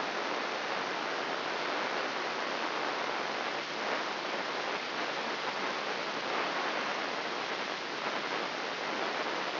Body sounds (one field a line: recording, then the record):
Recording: brain microelectrode recording played as sound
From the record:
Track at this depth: inside the subthalamic nucleus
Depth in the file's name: 2.311 mm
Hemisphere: left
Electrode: 3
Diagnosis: Parkinson's disease